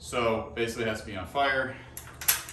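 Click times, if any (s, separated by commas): 2.3 s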